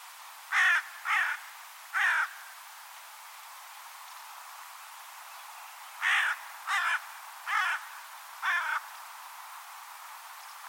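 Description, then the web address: Bird giving harsh cawing calls in two bursts, three caws, then a pause of several seconds, then several more, over faint steady hiss. "Bird Only"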